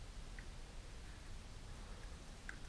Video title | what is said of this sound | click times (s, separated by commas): mini LEGO Death Star Tutorial - How to Make a LEGO ball | so now we can put this last piece on that should just click in place if we've lined up the ball correctly and | 2.5 s